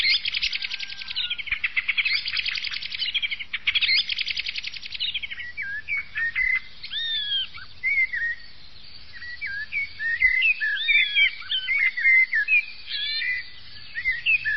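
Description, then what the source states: Common blackbird song: rapid buzzy trilled bursts at first, followed by a string of fluty, slurred whistled phrases rising and falling, separated by brief pauses. Blackbird songs for use in bird trapping (uccellagione).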